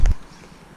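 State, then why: Seated. An LED reverse bulb is pushed into the tail light socket of a Toyota Tacoma pickup truck. A sharp, short pop at 0.1 s carries a low thump that fades by about 0.15 s, leaving quiet low background. The bulb seats in the socket.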